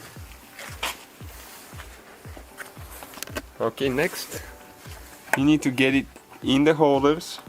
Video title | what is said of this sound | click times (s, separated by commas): HOW TO REPLACE ABS SENSOR ON BMW E46 316i 318i 320i 323i 325i 328i 330i 320d 330d | Now we're going to close it until it clicks on both sides. | 0.8 s, 3.2 s